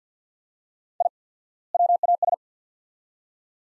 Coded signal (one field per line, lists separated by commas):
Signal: Morse code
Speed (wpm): 49 wpm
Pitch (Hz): 700 Hz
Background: none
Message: I WAS